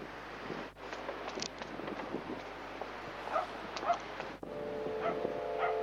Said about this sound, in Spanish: Por eso oímos perros ladrando, está en la playa de San Lorenzo.